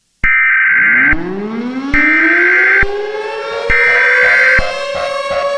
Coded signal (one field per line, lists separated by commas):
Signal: Emergency Alert System (SAME) tones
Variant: header bursts